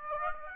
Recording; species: mosquito wingbeat signal from an infrared sensor; Aedes aegypti